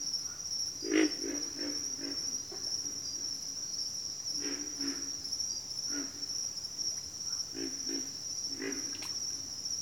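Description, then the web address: Pig frog grunts, deep and croaky, singly and in loose groups, amid a thick high-pitched insect chorus. Bayou habitat; more than one frog. "Echoes of Nature - Bayou 02 Pig Frogs"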